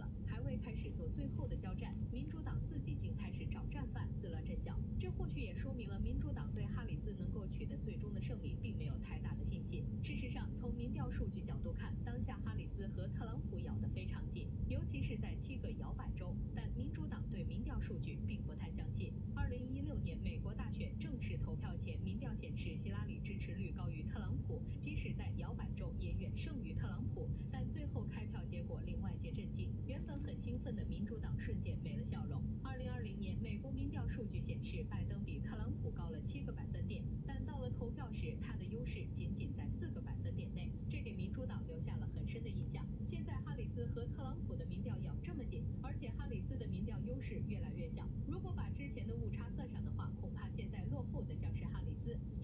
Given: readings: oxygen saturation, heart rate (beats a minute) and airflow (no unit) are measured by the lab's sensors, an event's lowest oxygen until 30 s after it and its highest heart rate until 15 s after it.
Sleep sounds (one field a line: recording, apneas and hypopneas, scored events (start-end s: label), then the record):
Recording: a person awake in a sleep study, by a smartphone at the bedside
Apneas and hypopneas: none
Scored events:
0.00-52.44 s: awake
From the record:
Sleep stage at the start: awake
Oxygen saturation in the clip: 95 to 96%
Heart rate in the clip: 68 to 76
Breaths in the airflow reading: 12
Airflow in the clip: -4.3 to 5.6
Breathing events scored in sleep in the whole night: 131 in 7.2 hours asleep